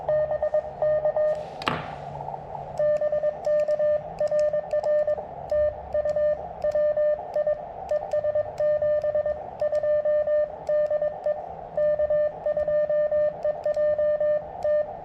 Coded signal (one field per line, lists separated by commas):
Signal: Morse code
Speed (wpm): 22 wpm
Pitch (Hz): 590 Hz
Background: radio noise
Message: BK BK RR TU WI ES 72 DE K2EJT